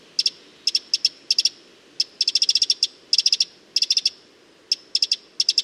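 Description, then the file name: Eurasian wren calls: dry, clicking high notes, singly and in irregular bursts of several ticks, repeated throughout. "Troglodytes troglodytes"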